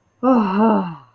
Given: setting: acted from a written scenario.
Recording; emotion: vocal sound without words; ecstasy